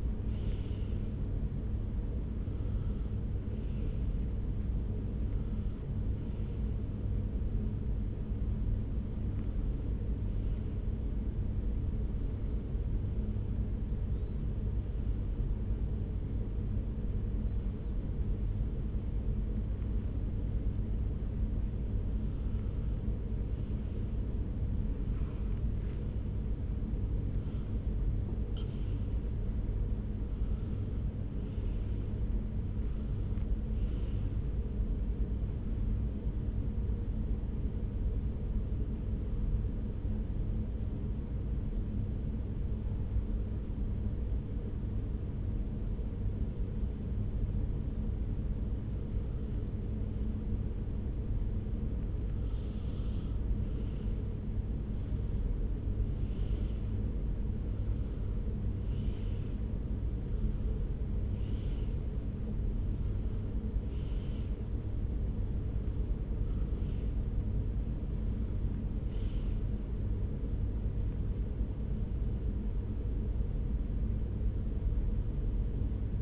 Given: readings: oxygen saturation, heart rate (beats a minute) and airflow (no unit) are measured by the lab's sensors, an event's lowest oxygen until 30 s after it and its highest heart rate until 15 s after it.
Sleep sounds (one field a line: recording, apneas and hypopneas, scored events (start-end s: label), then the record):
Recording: breathing in sleep by a smartphone at the bedside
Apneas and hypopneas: 2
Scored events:
9.00-25.20 s: hypopnea (N2, oxygen 96% highest, then 95% lowest)
10.00-76.22 s: new sleep stage, N1 (lightest sleep)
36.00-52.60 s: hypopnea (N1, oxygen 96% highest, then 93% lowest)
From the record:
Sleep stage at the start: N2 (light sleep)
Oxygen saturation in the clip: 92 to 96%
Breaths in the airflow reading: 25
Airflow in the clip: -5.0 to 4.8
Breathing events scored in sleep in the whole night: 335 in 6.7 hours asleep